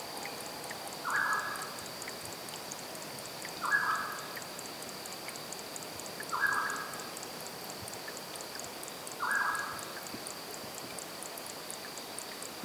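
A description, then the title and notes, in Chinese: A forest stream runs steadily underneath, with a thin, constant insect whine and fast high ticking above it. A short mid-pitched bird call repeats about every three seconds, four times in all, standing a little forward of the flowing water. 宜蘭礁溪林美石磐步道。Tascam DR-40x。林美石磐步道健行沿途錄音，並且剪輯為六個片段。宜蘭林美石磐步道。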